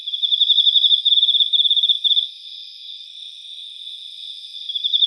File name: Teleogryllus emma